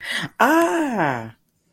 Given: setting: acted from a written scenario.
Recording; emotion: vocal sound without words; positive surprise